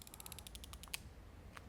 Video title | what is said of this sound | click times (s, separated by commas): 기적의 비만약 위고비 "이렇게 사용해야 살이 쫙 빠집니다!" 위고비 효과, 부작용, 추천, 가격 등 총정리 | こんなふうに音が聞こえます針をすぐに抜いてはいけませんこの状態で10数えてください | 0.2 s, 0.3 s, 0.5 s, 0.9 s, 1.6 s